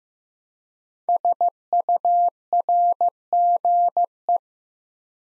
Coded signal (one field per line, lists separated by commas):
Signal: Morse code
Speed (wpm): 15 wpm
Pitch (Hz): 700 Hz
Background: none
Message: SURGE